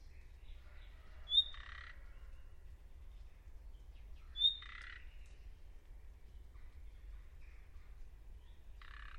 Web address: birddata Deverinetal 2025 File origin Bird Only